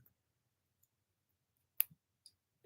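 A sterling silver extender clasp on a jewelry extender is opened, the extender is put in, and the clasp is closed. It snaps down with a sharp click at 1.8 s, followed by a few fainter ticks. The clasp is seated.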